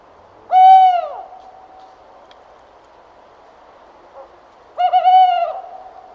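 Tawny owl hoots: two short, clear hoots about four seconds apart, the second slightly wavering.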